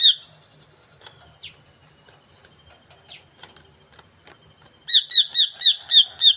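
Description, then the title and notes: Greater green leafbird song: scattered soft high notes and chips, then a fast run of several loud, bright, evenly repeated whistled notes. Song of a vigorously singing (gacor) cucak ijo, played as a lure (pancingan) to get a caged bird to sing when hung up (gantang). "Pancingan CUCAK IJO Mau Di Gantang. Cucak Ijo Gacor"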